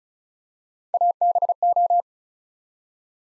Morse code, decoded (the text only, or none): ABO